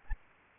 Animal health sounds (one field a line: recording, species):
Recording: mosquito wingbeat signal from an infrared sensor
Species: Aedes albopictus